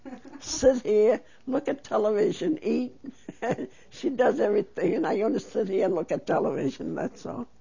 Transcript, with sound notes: Sit here, look at television, eat. ( she laughs ) She does everything and I only sit here and look at television, that's all.